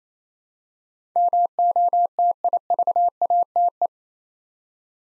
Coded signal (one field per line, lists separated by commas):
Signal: Morse code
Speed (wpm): 28 wpm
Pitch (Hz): 700 Hz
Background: none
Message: MOTIVATE